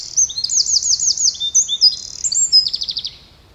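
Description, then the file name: Eurasian wren song, a fast burst of high, piercing notes with rolling trills, ending in a rattling trill that fades away. "Troglodytes troglodytes"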